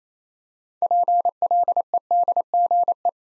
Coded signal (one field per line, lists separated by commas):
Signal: Morse code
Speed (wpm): 28 wpm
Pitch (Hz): 700 Hz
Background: none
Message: PLEDGE